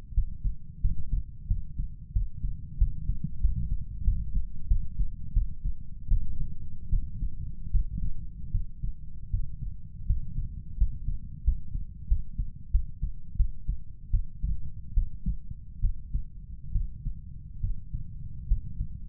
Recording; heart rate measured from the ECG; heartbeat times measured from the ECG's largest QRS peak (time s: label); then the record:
heart sounds by stethoscope; 82 bpm
0.14 s: heartbeat
0.81 s: heartbeat
1.47 s: heartbeat
2.12 s: heartbeat
2.77 s: heartbeat
3.40 s: heartbeat
4.04 s: heartbeat
4.67 s: heartbeat
5.33 s: heartbeat
6.08 s: heartbeat
6.89 s: heartbeat
7.71 s: heartbeat
8.51 s: heartbeat
9.30 s: heartbeat
10.06 s: heartbeat
10.77 s: heartbeat
11.43 s: heartbeat
12.07 s: heartbeat
12.71 s: heartbeat
13.36 s: heartbeat
14.10 s: heartbeat
14.93 s: heartbeat
15.80 s: heartbeat
16.72 s: heartbeat
17.60 s: heartbeat
18.47 s: heartbeat
From the record:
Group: healthy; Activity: cold pressor test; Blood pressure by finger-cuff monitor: 121/90 mmHg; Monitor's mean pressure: 103 mmHg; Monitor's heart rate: 83 bpm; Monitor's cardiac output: 5.8 L/min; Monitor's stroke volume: 69 mL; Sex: male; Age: 35 years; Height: 178 cm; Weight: 64 kg